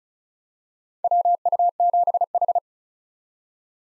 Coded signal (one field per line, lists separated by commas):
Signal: Morse code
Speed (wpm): 34 wpm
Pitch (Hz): 700 Hz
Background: none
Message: WU7H